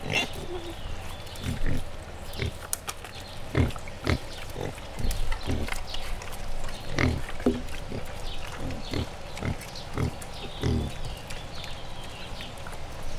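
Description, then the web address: Wild boar giving short, low grunts at uneven intervals, some sharper and louder. Piglets, captive at a zoo in Jászberény, Hungary, recorded in 2015. "jaszberenyizoo 2015 vaddiszno malacok"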